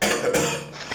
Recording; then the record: coughing mixed with background sound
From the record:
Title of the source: Wet Throat Infection Cough